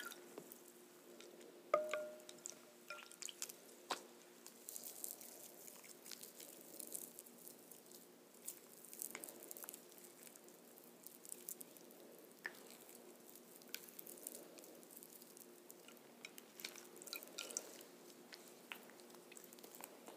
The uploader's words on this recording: ASMR Soapy Sounds. Soapy and sudsy sounds.